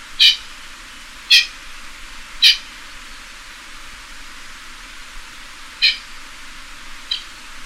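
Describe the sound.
Pheasant clucks: three sharp harsh notes about a second apart, a pause, then two more, the last fainter.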